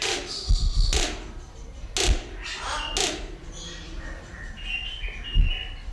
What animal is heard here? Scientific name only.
Geococcyx californianus